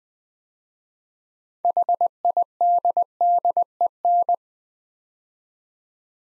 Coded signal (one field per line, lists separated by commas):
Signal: Morse code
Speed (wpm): 20 wpm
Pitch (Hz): 700 Hz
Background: none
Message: HIDDEN